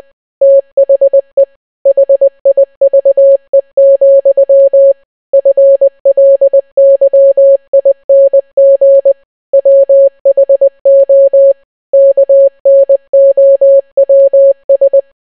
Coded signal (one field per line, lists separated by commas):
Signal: Morse code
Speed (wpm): 20 wpm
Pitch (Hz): 550 Hz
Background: none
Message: THE HIVE, FLYING WHO KNOWS